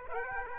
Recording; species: mosquito wingbeat signal from an infrared sensor; Aedes aegypti